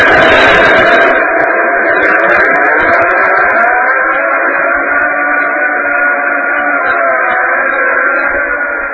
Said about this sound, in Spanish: el sonido no se escucha exactamente igual que en la Tierra, porque la densidad y las creencias del aire son distintas. Lo primero que vamos a escuchar es el sonido del propio brazo robot de la Mars Polar Lander, que sonaría así en ambiente marciano.